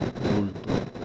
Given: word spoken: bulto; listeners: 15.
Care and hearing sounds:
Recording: one Spanish word in noise, from a listening test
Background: noise modulated by three-talker babble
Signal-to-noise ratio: -3.1 dB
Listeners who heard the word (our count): 2 of 15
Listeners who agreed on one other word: 8 of 15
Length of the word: 0.64 s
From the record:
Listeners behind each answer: 8, 2, 1, 1, 1, 1, 1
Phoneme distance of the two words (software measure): 10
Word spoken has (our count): 2 syllables, 5 phonemes, stress on syllable 1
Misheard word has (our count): 2 syllables, 5 phonemes, stress on syllable 1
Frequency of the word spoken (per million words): 7.73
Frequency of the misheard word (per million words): 23.67

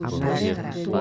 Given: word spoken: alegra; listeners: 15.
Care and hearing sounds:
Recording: one Spanish word in noise, from a listening test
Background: four-talker babble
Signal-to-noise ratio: -2.9 dB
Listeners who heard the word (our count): 1 of 15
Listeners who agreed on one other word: 6 of 15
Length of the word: 0.61 s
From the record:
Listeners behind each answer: 6, 2, 1, 1, 1, 1, 1, 1, 1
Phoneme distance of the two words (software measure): 17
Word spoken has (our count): 3 syllables, 6 phonemes, stress on syllable 2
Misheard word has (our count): 2 syllables, 5 phonemes, stress on syllable 1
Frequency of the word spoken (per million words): 3.84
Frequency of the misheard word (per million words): 57.28

